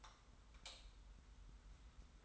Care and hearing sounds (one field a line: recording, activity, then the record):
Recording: daily activity, microphone in the room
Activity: light off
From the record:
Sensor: 3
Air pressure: 990.9 hPa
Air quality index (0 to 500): 115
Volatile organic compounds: 74 ppm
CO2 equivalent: 3554 ppm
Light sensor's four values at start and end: 39/95/38/36 and 36/86/35/33